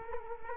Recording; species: mosquito wingbeat signal from an infrared sensor; Culex quinquefasciatus